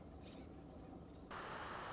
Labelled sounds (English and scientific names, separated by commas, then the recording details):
Nuttall's Woodpecker (Dryobates nuttallii)
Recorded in Sonoma County, California